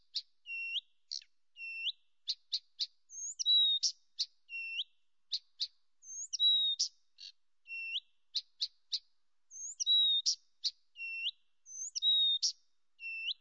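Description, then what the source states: Blyth's reed warbler song: a slow, varied string of clear whistled slurs, sharp ticks and short chirps, each phrase often repeated, with short pauses between notes on a quiet background. Nominate subspecies, Acrocephalus dumetorum dumetorum.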